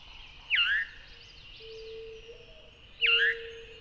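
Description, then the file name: Veery calls: two loud downward-slurring notes about two and a half seconds apart, over a low steady hum-like whistle and faint songs of other birds. "very veery"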